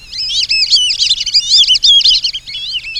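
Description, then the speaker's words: Black-bellied Whistling-Duck whistles, a dense overlapping chorus of high, wavering, looping whistled notes from several birds, continuous for about three seconds. Ducks that whistle. "Black-bellied whistling ducks demonstrate that they are indeed ducks that whistle."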